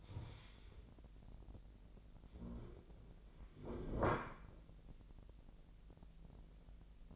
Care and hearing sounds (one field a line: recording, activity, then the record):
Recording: daily activity, microphone in the room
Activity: stand up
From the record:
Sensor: 5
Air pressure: 1001.6 hPa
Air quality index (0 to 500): 249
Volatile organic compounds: 32 ppm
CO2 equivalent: 2997 ppm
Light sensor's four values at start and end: 44/102/41/42 and 44/104/42/43